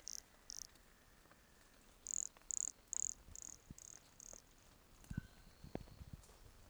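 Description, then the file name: Pumpkin toadlet producing a run of about six high pulsed buzzes in quick succession, with fainter notes before and soft clicks afterward. Recorded at Entroncamento, Teba, in January 2020, with the animal 20 cm from the microphone. "MHNCI Brachycephalus sulfuratus Entroncamento Teba 20 cm from microphone LFR JAN-2020"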